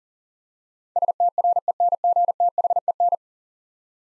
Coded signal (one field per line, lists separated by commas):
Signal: Morse code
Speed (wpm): 40 wpm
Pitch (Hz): 700 Hz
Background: none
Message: STRENGTHEN